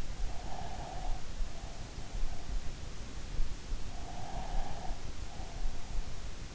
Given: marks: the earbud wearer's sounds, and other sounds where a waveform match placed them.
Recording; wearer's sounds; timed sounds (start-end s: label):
sounds in sleep by an in-ear microphone; breath
0.13-2.59 s: breath
3.65-6.32 s: breath